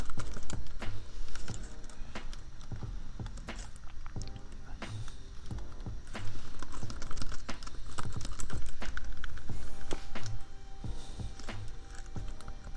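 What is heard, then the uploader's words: Keyboard tapping runs through the whole stretch, sharp clicks arriving in quick, uneven bursts with brief pauses. Underneath sits a steady low hum that never lets up, with a thin, faint whine appearing in the second half. Loudness rises and dips with the typing. Typing.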